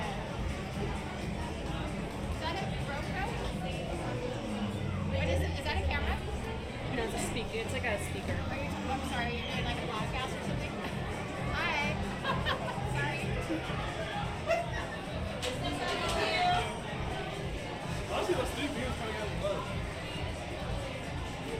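Oga's Cantina ambience: a steady, dense babble of overlapping voices and chatter, with occasional brighter clinks and a low hum throughout.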